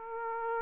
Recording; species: mosquito wingbeat signal from an infrared sensor; Aedes aegypti